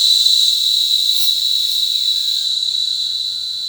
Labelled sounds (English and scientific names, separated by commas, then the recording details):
none
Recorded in forest near Pivijay, Magdalena, Colombia, on 16 April 2023 at 09:00
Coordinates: 10.467, -74.380
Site Z5-G034